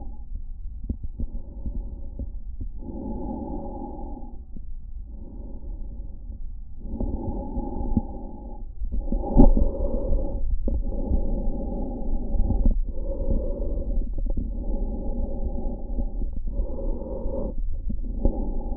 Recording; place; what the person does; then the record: lung sounds by stethoscope; trachea; quiet breathing, then deep breathing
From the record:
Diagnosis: interstitial lung disease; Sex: male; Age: 65 years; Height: 161 cm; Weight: 74.6 kg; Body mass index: 28.8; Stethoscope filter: diaphragm mode